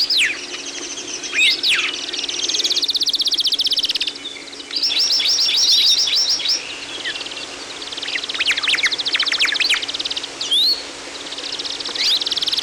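Several birds singing: rapid trilled phrases alternate with quick rising and falling whistles, the trills starting and stopping abruptly every few seconds.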